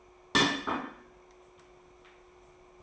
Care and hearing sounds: daily activity, microphone in the room; place plate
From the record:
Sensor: 1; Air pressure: 1004.3 hPa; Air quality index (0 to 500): 196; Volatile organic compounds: 17 ppm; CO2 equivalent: 2598 ppm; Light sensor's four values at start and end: 4/9/3/3 and 4/9/3/3

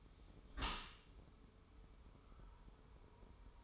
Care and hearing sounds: daily activity, microphone in the room; close dishwasher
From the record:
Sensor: 1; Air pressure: 1015.0 hPa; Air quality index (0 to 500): 26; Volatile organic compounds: 1 ppm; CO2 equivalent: 507 ppm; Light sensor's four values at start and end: 13/30/12/14 and 13/30/12/14

